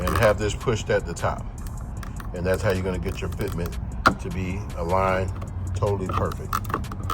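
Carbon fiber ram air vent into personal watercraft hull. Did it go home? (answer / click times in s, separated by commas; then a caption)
no / none. A Wet Jet Performance carbon fiber rear ram air vent is pushed into the hull opening of a Seadoo personal watercraft, with a piece of wood used to press it. Someone talks throughout, with faint short knocks at about 1.7, 2.0 and 2.2 seconds and sharper brief hits at about 6.7, 6.9 and 7.1 seconds. The vent has not seated or clicked into place yet.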